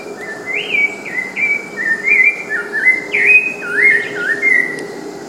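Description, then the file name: Rufous-bellied thrush singing a quick run of brief fluted whistles that jump up and down in pitch, with soft background hiss. Cantareira, São Paulo state, Brazil. "Turdus-rufiventris-PECantareira SP. ASilveira"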